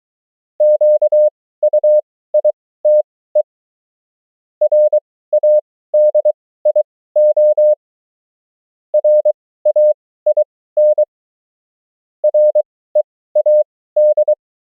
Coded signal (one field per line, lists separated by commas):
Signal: Morse code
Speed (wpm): 23 wpm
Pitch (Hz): 600 Hz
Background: none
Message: QUITE RADIO RAIN READ